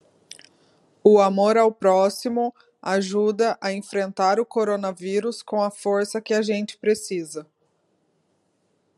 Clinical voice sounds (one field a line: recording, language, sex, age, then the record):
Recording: spoken sentence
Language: Brazilian Portuguese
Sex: female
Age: 30 to 39 years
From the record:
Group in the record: control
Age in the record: 39 years